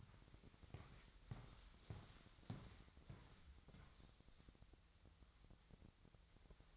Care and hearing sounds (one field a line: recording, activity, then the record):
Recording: daily activity, microphone in the room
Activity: walk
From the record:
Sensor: 3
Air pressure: 1001.6 hPa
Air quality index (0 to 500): 226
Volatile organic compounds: 32 ppm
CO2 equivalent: 3007 ppm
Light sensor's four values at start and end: 13/39/16/14 and 13/38/16/14